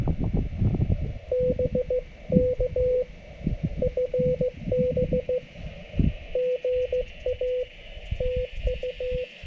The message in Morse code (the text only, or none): BK FB GA TU